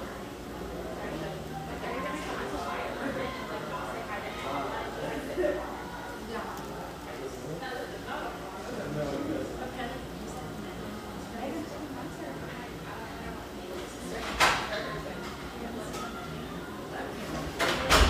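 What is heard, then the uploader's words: A Hazelwood coffeehouse hums with steady overlapping chatter and soft radio, with brief sharp clinks around fourteen seconds and again at the end. Hazelwood, Portland, Oregon. The sounds and mellow radio of this beautiful exposed-brick coffeehouse in the Northeast Portland neighborhood of Hazelwood.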